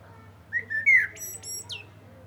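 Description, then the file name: Common blackbird giving a single short phrase: a couple of fluty whistles followed by a quick high squeaky flourish. "Turdus merula"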